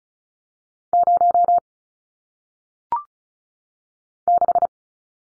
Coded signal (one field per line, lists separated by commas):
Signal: Morse code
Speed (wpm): 36 wpm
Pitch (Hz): 700 Hz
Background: none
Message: 0 6